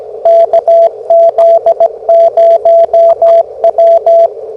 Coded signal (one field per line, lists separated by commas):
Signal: Morse code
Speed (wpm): 17 wpm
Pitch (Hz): 670 Hz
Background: radio noise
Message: KZ0W